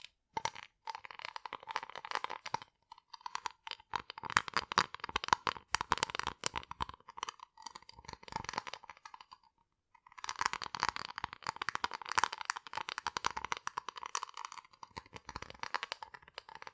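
Rough brain cleaning and picking: a dense run of wet, crackling clicks and small snaps, bright and irregular, like tearing and crinkling. The texture is busy and fast, thins out near nine seconds, stops briefly around ten, then resumes just as thick.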